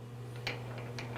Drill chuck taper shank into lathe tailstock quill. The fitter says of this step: first thing we we need to do is to install the drill chuck in to the tailstock quill which is very easy it just slides in and locks into place with friction